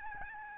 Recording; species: mosquito wingbeat signal from an infrared sensor; Aedes albopictus